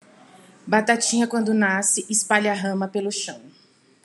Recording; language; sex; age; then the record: short text; Brazilian Portuguese; female; 40 to 49 years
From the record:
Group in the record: control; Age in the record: 42 years